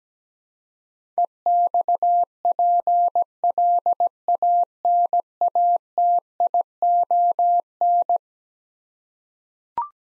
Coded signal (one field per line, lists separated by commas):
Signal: Morse code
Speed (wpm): 17 wpm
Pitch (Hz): 700 Hz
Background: none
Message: EXPLANATION